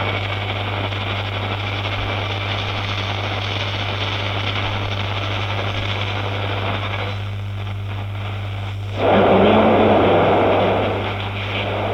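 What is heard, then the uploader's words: An old radio gives off a steady, dense hiss over a constant low hum. Around seven seconds the static thins and flutters, and near nine seconds it jumps louder with a warbling, wavering tone, as if drifting across a station, before easing slightly at the end. Radio Interference. I recorded this old radio at a friends place.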